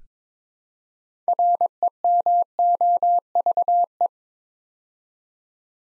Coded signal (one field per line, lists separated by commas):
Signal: Morse code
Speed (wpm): 23 wpm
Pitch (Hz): 700 Hz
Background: none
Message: REMOVE